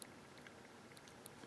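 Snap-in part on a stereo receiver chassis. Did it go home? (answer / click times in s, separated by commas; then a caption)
no / none. A snap-in part is lined up and pushed onto the chassis of a Harman Kardon hk495i stereo receiver during reassembly, with only faint light ticks and scrapes over a steady low background hiss. The part does not latch, and nothing has clicked into place, a failure later blamed on a latching mechanism.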